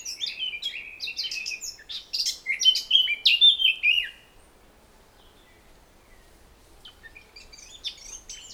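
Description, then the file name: Eurasian blackcap song, a hurried warble ending in bright fluty whistles, then a few quiet seconds before a faint burst of chattering notes returns. "Sylvia atricapilla"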